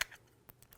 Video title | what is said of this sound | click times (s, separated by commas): Spring-Ford Tutorials - Digital Radio Unboxing | clip it on make sure you hear that click | 0.0 s